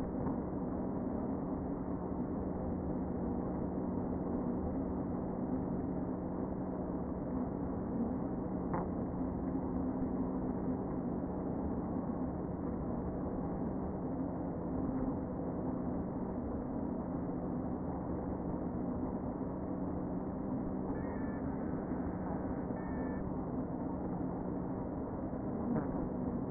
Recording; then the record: honeybee colony, microphone inside the hive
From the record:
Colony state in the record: queen present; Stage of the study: before two queens were removed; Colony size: about 60,000 bees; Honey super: yes